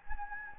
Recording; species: mosquito wingbeat signal from an infrared sensor; Anopheles gambiae